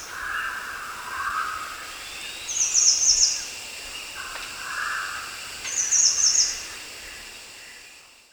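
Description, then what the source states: Grey-chinned minivet calls: two short, very high, glittering twittered bursts about three seconds apart, over softer lower warbled notes and a steady background hiss. Recorded 1 March 2008.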